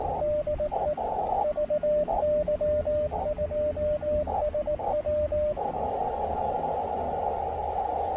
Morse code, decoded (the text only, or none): DE VY2SW